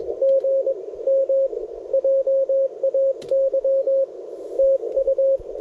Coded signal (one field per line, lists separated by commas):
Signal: Morse code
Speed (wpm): 22 wpm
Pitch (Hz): 530 Hz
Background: radio noise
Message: GM JAY TU